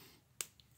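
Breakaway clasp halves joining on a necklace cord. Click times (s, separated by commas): 0.4 s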